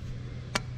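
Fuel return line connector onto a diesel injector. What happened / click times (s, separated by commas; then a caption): The small connector clicked home / 0.6 s. A fuel return line connector is pushed onto a diesel injector, right after a first one, and seats with a single sharp click at 0.6 s. The click stands out over a steady low hum, and the connector is confirmed seated.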